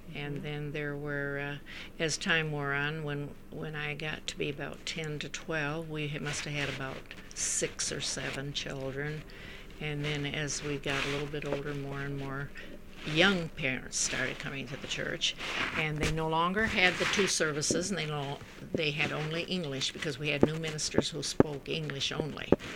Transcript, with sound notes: And then there were, as time wore on, when I got to be about ten to twelve we must have had about six or seven children, and then as we got a little bit older more and more young parents started coming to the church, and they no longer had the two services ( there is a rustling disturbance in the background ) and they had only English, because we had no ministers that spoke English only.